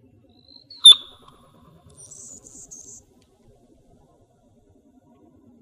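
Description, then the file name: Anna's hummingbird dive noise: a brief thin whine, then one sudden loud squeaky chirp, trailed by short scratchy buzzing notes, then quiet. Dive sound, Arizona, 29 November 2008. "ANHU DIVE 112908. deviche"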